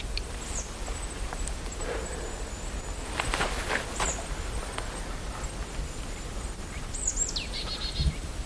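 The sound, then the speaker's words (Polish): A Eurasian nuthatch gives a few high, thin whistled calls, some sliding downward, spaced out over soft rustling and footstep-like crunching in the background. “Kowalik tam się odzywa. Taki tweet, tweet, tweet. To jest kowalik.”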